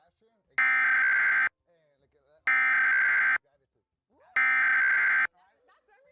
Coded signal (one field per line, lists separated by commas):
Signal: Emergency Alert System (SAME) tones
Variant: header bursts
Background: speech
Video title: Emergency Alert System Nationwide Test (October 4, 2023)